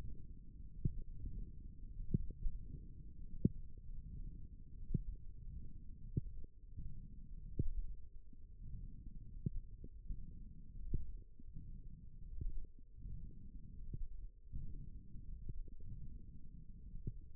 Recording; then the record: forearm muscle sounds (acoustic myography)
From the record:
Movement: wrist flexion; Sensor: system 1, eight BSWA MPA416 microphones around the upper forearm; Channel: 1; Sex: male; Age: 23 years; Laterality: right